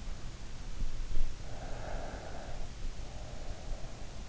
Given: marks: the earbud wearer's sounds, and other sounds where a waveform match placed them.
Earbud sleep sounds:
sounds in sleep by an in-ear microphone; breath
1.45-4.13 s: breath

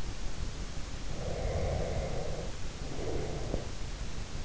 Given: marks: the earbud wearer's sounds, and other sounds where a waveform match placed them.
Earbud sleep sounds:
sounds in sleep by an in-ear microphone; breath
1.02-3.80 s: breath

